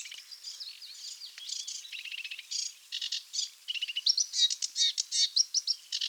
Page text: Sedge Warbler Song - Quick Sounds